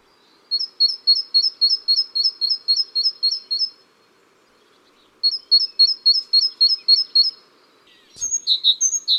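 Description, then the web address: Tit song: two fast runs of sharp high repeated notes, about a dozen over three seconds and then about nine over two seconds, followed by a brief clatter and more high chirps at the end. "Oiseaux 02 oiseau Mesange"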